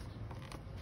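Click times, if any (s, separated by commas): 0.5 s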